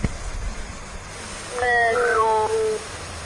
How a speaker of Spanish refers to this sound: Casualmente acaba de ladrar unos perros que hay enfrente. Hay una zona que hay césped y hay muchos perros.